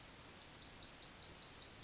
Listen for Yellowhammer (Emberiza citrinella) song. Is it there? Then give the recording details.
yes. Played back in forest. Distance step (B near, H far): E. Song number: 056